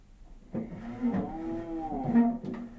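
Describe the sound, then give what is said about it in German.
A cow lets out a long, low, drawn-out moo lasting about two seconds, its pitch wavering slightly, with a few soft shuffling knocks at the start and end. “Pass auf. Die Kuh bewegt sich.”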